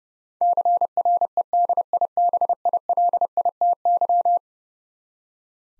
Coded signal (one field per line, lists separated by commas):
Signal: Morse code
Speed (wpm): 30 wpm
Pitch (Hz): 700 Hz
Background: none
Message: CREDIBILITY